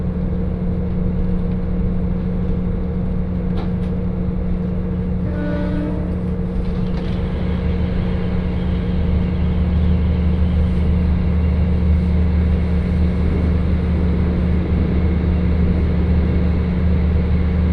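A train rides the Hakodate Main Line with a steady low engine drone and rumble, a brief tonal squeal near six seconds.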